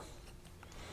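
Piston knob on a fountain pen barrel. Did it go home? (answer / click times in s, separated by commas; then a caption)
no / none. The piston knob of a Wing Sung 5502 fountain pen is being pressed back into its locking grooves on the barrel after the piston has been operated. Faint handling noise is heard over a low background, with a short tick at 0.6 s and a softer sound at 0.7 s. Nothing has seated or clicked yet.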